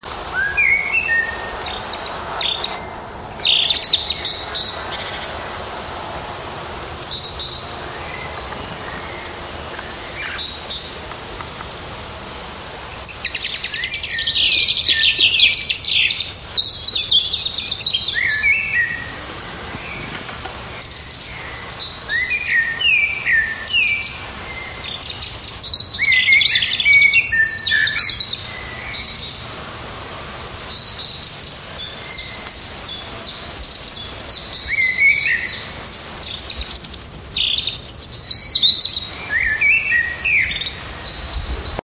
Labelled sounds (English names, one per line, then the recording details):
Common Blackbird song
European Robin
Great Tit
Eurasian Wren
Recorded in the wild
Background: Erithacus rubecula, Parus major, Troglodytes troglodytes
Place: Ebeltoft, Halbinsel Mols, DK
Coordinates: 56.2239, 10.5783
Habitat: open country
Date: 1994-04-08
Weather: hazy, rime, ca. 0°C
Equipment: Sony WM-D6C, Sennheiser MKH 70, Kopie Revox C 270
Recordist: Frommolt, Karl-Heinz
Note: Mols Berge: Gesang, daneben Kohlmeise, Zaunkönig und Rotkehlchen